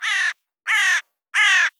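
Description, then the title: Crow giving three harsh, hoarse caws, each about a third of a second, evenly spaced with short silences between. "Bird_Crow Single"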